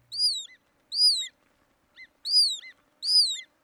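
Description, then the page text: Hudsonian Godwit calls: four loud, high arched notes, each followed by a short lower note, with a single short low note between them, in a quiet background. "Hudsonian Godwit (Bird Note. Chirp Nature Center"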